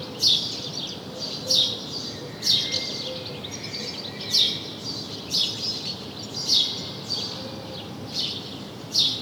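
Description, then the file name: House sparrow chirping, loud clipped notes repeated every second or so, with faint thin tones behind and a steady hiss. "Passer domesticus"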